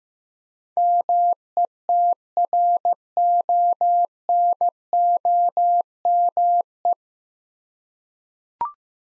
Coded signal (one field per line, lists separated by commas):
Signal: Morse code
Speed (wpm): 15 wpm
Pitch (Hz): 700 Hz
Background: none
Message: METRONOME